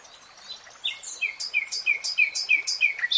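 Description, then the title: Nightingale song: a rhythmic phrase of several paired notes, each a sharp high click followed by a slurred whistle, repeated evenly several times a second. "[Tiếng chim hót] REALTIME Nightingale Singing"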